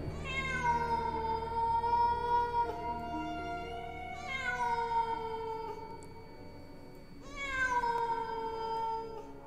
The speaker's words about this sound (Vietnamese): Chỉ còn để lại ở trên đất máu văng vẳng, có tiếng mèo kêu rồi biến mất trong màn đêm.